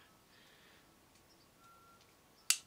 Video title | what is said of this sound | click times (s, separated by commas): Mantis X8 unboxing and installation | You heard the little click. | 2.5 s